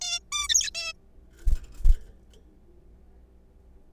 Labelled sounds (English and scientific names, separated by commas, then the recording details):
Zebra Finch (Taeniopygia guttata)
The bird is a juvenile
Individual R3428